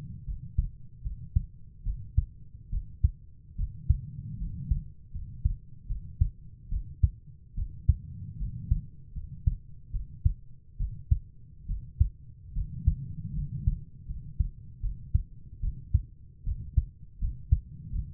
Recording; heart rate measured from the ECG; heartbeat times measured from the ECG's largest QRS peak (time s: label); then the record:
heart sounds by stethoscope; 75 bpm
0.26 s: heartbeat
1.03 s: heartbeat
1.85 s: heartbeat
2.71 s: heartbeat
3.57 s: heartbeat
4.39 s: heartbeat
5.13 s: heartbeat
5.88 s: heartbeat
6.70 s: heartbeat
7.56 s: heartbeat
8.39 s: heartbeat
9.15 s: heartbeat
9.92 s: heartbeat
10.78 s: heartbeat
11.68 s: heartbeat
12.54 s: heartbeat
13.35 s: heartbeat
14.08 s: heartbeat
14.82 s: heartbeat
15.62 s: heartbeat
16.45 s: heartbeat
17.20 s: heartbeat
17.92 s: heartbeat
From the record:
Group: healthy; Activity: rest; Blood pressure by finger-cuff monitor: 120/66 mmHg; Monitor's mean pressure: 82 mmHg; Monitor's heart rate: 73 bpm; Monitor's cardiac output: 6.6 L/min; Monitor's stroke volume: 89 mL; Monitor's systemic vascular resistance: 890 dyn s/cm5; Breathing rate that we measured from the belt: 14 breaths a minute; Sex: female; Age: 22 years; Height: 160 cm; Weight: 63 kg